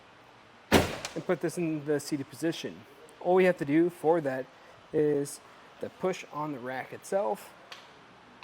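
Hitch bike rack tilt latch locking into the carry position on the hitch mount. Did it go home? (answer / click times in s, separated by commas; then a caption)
no / none. Someone talks while the RockyMounts GuideRail hitch bike rack for two bikes on a 2022 Toyota 4Runner is pushed up from its tilted position toward the carry position on the hitch mount. The rack is being handled, but its tilt latch has not clicked or locked into place yet.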